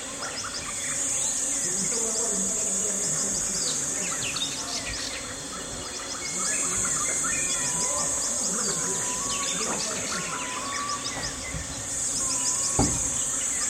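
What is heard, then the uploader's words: A morning jungle camp atmosphere, thick with birdsong: whistles, chirps and short calls come from several directions. A high, shimmering insect drone pulses in waves, swelling around the start, middle and end. A low hum runs underneath, with a brief thud near the end. Gabon - Ivindo NP - Jungle Camp Atmosphere. Typical morning at a remote camp in the jungle with lush birdsong, swarms of bees and people going about their business. Recorded with Sony PCM D100 on the Congo rainforest expedition.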